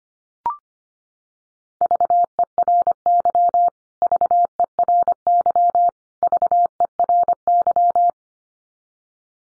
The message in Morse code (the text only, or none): VERY VERY VERY